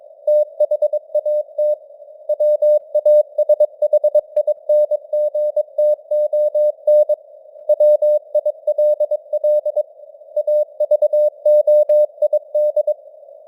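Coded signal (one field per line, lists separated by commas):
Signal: Morse code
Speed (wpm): 22 wpm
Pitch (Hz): 600 Hz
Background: none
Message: THAT WASHINGTON WILL AVOID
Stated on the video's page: Morse news headlines at 22 wpm with simulated radio noise and varying signal strength (QSB).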